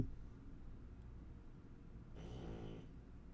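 Over a low, steady room hum, one brief snore of under a second rises, with a buzzy, slightly nasal tone on the breath: a sleeping dog's snore, faint and close to the microphone.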